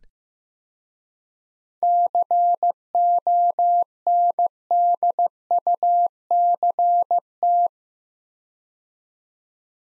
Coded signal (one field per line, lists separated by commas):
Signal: Morse code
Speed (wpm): 15 wpm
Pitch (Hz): 700 Hz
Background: none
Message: CONDUCT